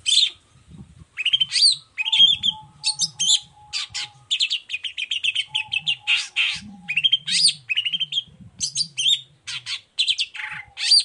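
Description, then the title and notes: Long-tailed Shrike pouring out a fast, varied song of chirps, trills and short whistles almost without pause, with a faint low rumble in places. Cendet heard in the morning, singing the 'toet toet' variation; recording meant as a lure to provoke other shrikes into answering. "Langsung NYAUTTTTT ! Cendet Gacor Dor Di Kala Pagi Toet Toet Variasi Suara. Pancingan Emosi Cendet Gacor Full Variasi Toet Toet Bikin Nyaut Cendet Lain Langsung Ikutan Bunyi. Burung cendet"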